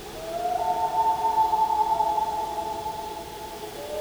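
Loon wailing: a drawn-out tone slides upward and holds level, then fades as a new rising note starts at the end, all above a continuous drone.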